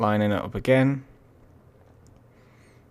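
A RAM module is lined up over a motherboard DIMM memory slot with the clips opened, before it is pushed home. Someone talks for the first second, then there is near silence with only a very faint brief tick around 2.1 s. The module has not been pushed in, and nothing has seated or clicked yet.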